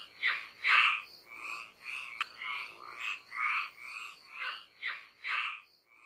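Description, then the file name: Marsh frog giving a call of a series of rattling, chuckling croaks, with a single sharp click partway through. "Grenouille rieuse"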